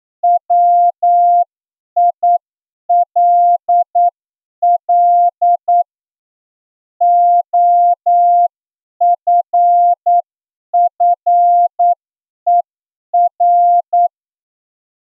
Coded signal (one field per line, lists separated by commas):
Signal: Morse code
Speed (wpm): 9 wpm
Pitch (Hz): 700 Hz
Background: none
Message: WILL OFFER